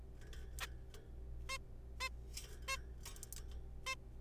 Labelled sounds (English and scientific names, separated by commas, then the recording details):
Zebra Finch (Taeniopygia guttata)
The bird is a juvenile
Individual R3428